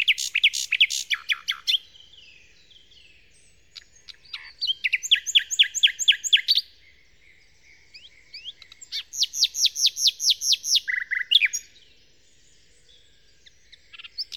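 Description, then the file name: Common nightingale song: varied phrases of fast repeated notes, rich churring rattles and loud trills separated by short pauses, with several distinct motifs. Song, Kent, 2008. "nightingale-song-recorded-in-kent-2008-by-phil-riddett"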